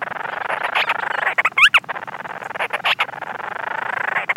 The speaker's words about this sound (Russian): Да, кочурки тоже есть на командорах, это тоже буревестникообразные птицы, и они активны ночью, то есть я их ни разу не видела вживую, но по ночам постоянно слышны их крики.